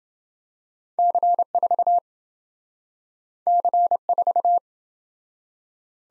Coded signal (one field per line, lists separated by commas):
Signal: Morse code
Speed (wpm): 28 wpm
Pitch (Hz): 700 Hz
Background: none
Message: C4 C4